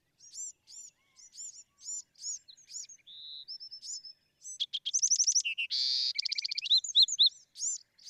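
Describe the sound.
Bewick's wren song: a run of separate high arched notes, then a brief whistled tone, leading into fast trills, a harsh buzz and bright rapid notes.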